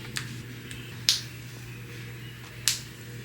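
Several snap clips on a 3C curly clip-in hair weft are pressed shut onto natural 4C hair one after another. Sharp snaps ring out at 0.2, 1.1 and 2.7 seconds, and each clip closes and holds the weft in place.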